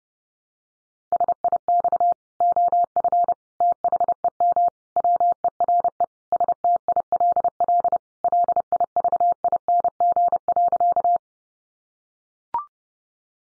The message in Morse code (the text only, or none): SIX OF THEM WERE STILL LIVING.